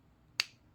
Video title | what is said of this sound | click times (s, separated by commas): Tiny Toroidal Twist Fan - Advanced Break-in/Assembly Techniques - printables.com/model/1339327 | push down. And you hear the little snap. We just snap the carrier in place without having to align the pins. | 0.4 s